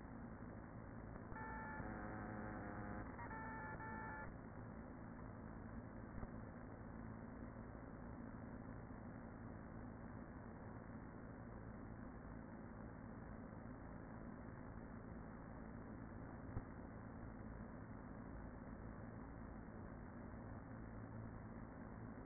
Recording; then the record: honeybee colony, microphone inside the hive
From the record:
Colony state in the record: queen present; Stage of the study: after two queens were removed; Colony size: about 40,000 bees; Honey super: no